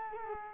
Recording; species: mosquito wingbeat signal from an infrared sensor; Culex quinquefasciatus